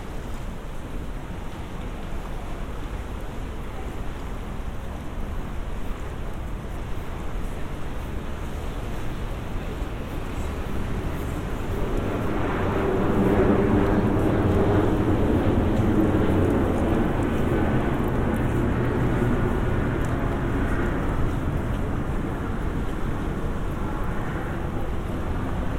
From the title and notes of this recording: Moving in and out of public spaces. A sound collage of binaural field recordings.